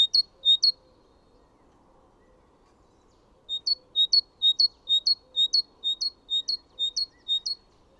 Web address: chant didier collin mesange charbonniere